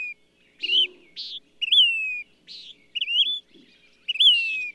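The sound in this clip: Bird song: buzzy rasping notes alternating with clear falling whistles, repeated several times in under five seconds, with a couple of faint low thumps.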